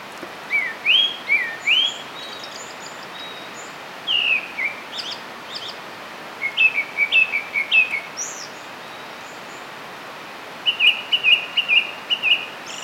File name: grey thrush